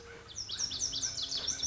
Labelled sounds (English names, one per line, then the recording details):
Lazuli Bunting
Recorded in Sonoma County, California